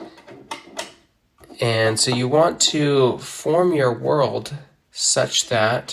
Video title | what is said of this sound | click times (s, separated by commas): Planet: My Review of Family Board Games in 2025 | and they just fit right onto the planets. So, they lock into place. | 0.5 s